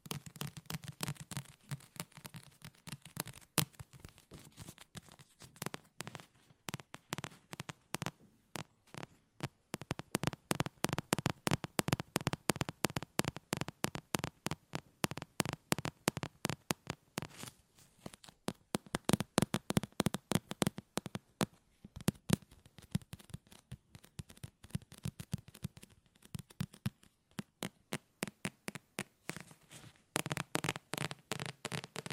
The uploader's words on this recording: ASMR Tapping No Talking Fast & Soothing for Sleep 5 Objects.